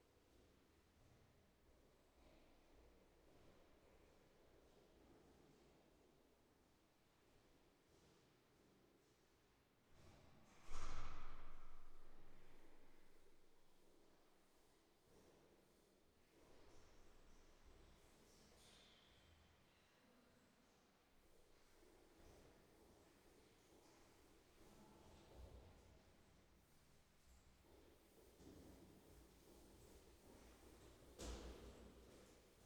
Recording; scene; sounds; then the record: everyday scene through a hearing-aid microphone; reverberant space; background noise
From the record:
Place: staircase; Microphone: behind the ear, right, front